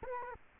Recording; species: mosquito wingbeat signal from an infrared sensor; Culex quinquefasciatus